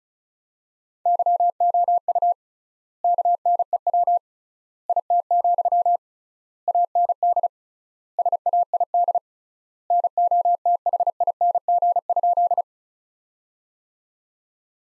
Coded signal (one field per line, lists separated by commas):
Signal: Morse code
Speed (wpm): 34 wpm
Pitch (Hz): 700 Hz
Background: none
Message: YOU KNEW IT, AND SAID NOTHING?